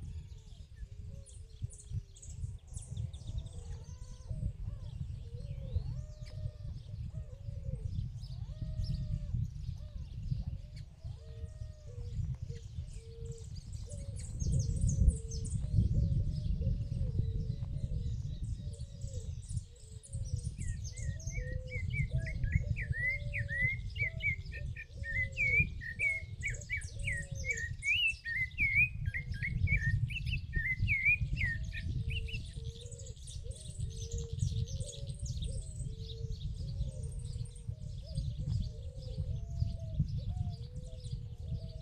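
Small birds chirp and sing in the countryside over a steady low rumble that runs the whole time. Quick, dense twittering fills the background throughout, with a brighter trilling song stepping forward from about 20 to 32 seconds.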